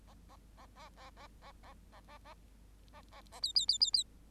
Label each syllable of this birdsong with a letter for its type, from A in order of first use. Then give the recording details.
A A A A A A A A A A A A A A B B B B B. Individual Bird8